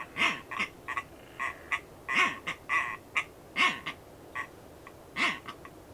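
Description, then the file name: Red-billed tropicbird calling with loud grating screams in clustered bursts about every one and a half to two seconds, interspersed with shorter raspy notes. "phaethon aethereus"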